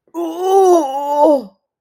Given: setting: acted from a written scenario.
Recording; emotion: vocal sound without words; disgust